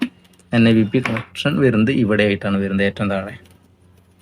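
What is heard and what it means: The longer connector of an NIBP hose is handled at the NIBP port at the bottom of a veterinary patient monitor, meant to lock in automatically when pressed. Someone talks through the clip, with a steady low hum underneath. Nothing has seated or clicked yet.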